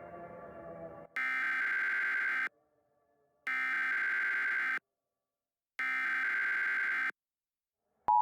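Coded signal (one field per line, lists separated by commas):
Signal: Emergency Alert System (SAME) tones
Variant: header bursts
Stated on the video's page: Fictional EAS tornado scenario in analog horror style, simulated.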